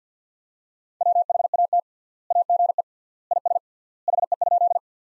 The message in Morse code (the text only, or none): WHAT AGE IS HE?